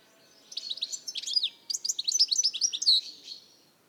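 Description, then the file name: European goldfinch gives a lively, jumbled twittering of high, tinkling notes for about three seconds, with a brief pause midway and a buzzy note near the end. "Carduelis carduelis"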